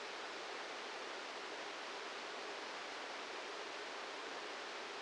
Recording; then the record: brain microelectrode recording played as sound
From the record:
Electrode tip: outside the subthalamic nucleus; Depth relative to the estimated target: -1 mm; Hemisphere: left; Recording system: NeuroSet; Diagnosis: Parkinson's disease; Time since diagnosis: 8 years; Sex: male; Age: 58 years